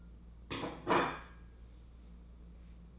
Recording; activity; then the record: daily activity, microphone in the room; place plate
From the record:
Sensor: 1